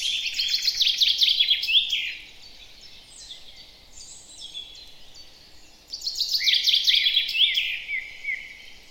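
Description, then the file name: Common chaffinch singing two phrases about six seconds apart, each a quick cascade of ringing notes falling in pitch and ending in a brief flourish, with faint hiss between. "Fringilla coelebs"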